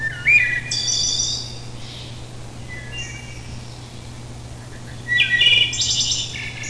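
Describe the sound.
Wood thrush song: two flutelike phrases, each opening with clear lower notes and ending in a high, buzzy trill, separated by a pause, over a steady low hum.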